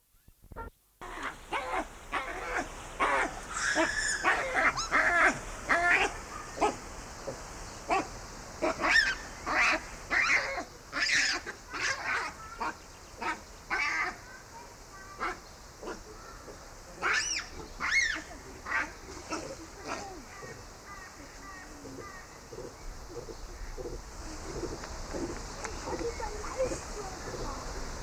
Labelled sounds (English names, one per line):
Hamadryas Baboon call